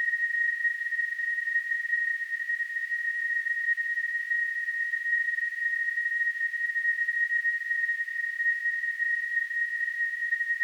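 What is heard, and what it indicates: A simulated tinnitus sound.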